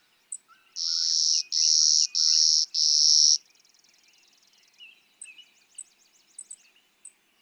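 Clay-colored sparrow song of four even buzzes near the start, followed by a faint fast trill and scattered high notes of other birds.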